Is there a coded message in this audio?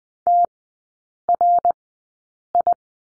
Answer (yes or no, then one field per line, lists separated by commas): yes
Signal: Morse code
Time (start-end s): 0.3-2.7 s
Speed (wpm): 20 wpm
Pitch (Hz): 700 Hz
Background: none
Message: TRI